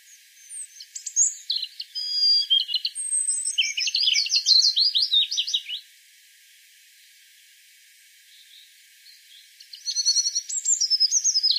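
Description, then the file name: European robin song: fast, high, varied warbling phrases of thin trills and sweeping notes lasting about six seconds, a few seconds of quiet, then another twittering phrase begins. "Erithacus rubecula"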